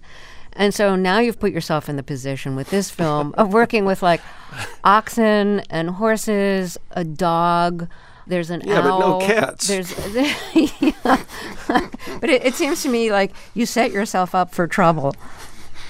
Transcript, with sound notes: And so now you've put yourself in the position with this film of working with, like, oxen and horses, a dog. There's an owl.
Yeah, but no cats.
(LAUGHTER)
But it seems to me like you set yourself up for trouble.